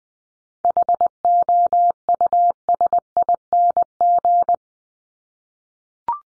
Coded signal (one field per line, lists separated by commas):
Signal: Morse code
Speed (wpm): 20 wpm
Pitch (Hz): 700 Hz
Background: none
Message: HOUSING